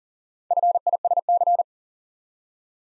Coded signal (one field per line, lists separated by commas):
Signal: Morse code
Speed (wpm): 40 wpm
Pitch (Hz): 700 Hz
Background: none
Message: FISC